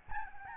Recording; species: mosquito wingbeat signal from an infrared sensor; Aedes albopictus